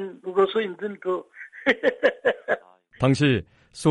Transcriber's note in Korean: 웃음소리